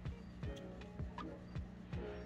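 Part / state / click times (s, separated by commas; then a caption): crimped pin terminal into ECU harness connector housing / not seated / none. A crimped cam sensor wire pin terminal is slid into a plastic ECU harness connector housing for an ECUMaster Classic on a 2JZGE-T in a MK3 Supra. Faint soft taps and rubs at about 0.1, 0.4, 0.8, 1.2, 1.6 and 1.9 s sit over a steady low hum. No click is heard and the pin has not clicked into place; it counts as in only once it sits flush with the face of the housing.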